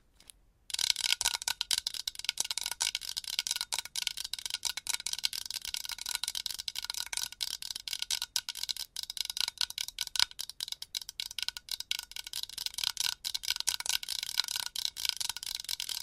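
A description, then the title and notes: Long nails scratch and tap rapidly and forcefully in a dense, nearly continuous stream of crisp, bright clicks and scrapes after a brief silent start. A faint steady ringing tone runs underneath throughout. ASMR Fast and Aggressive Scratching and Tapping with Long Nails - Asmr Pink Triggers - No Talking.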